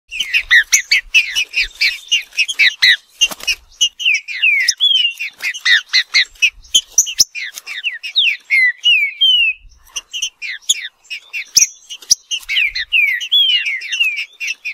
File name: canto do trinca ferro